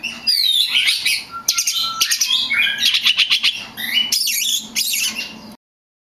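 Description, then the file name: Oriental magpie-robin song: a run of varied whistles, sweeping slurs and rapid chattering notes, high-pitched, ending abruptly in silence after about five and a half seconds. Kacer (magpie-robin) of the lutung cebu type. "audio burung kacer lutung cebu. omkicau"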